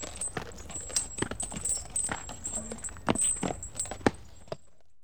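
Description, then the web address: Horse walking, with irregular clopping hoof strikes and a bright metallic jingling of harness throughout. One horse walking along in harness. "BBC Sound Effects Library. One Horse Walks Along In Harness"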